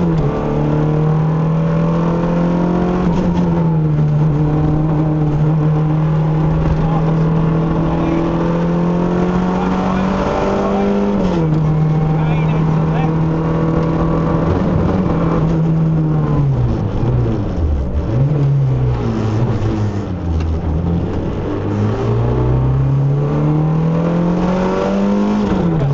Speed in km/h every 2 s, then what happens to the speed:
82, 72, 74, 79, 93, 98, 103, 93, 47, 27, 37, 55, 69.
0-2 brakes to 72. 5-13 speeds up to 103. 13-18 brakes to 27. 18-26 speeds up to 69.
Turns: none.